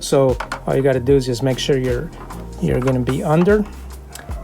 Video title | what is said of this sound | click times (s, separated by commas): Pixel Ring Light Kit Review | just snap the diffuser right into place and you can see that it snaps into place very easily | 4.2 s